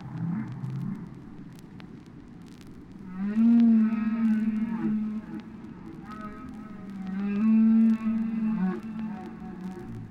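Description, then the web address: Whale song: two loud, rich, buzzing moans with wavering overtones, each lasting a couple of seconds, separated by a quieter pause with soft crackling. "KU whales"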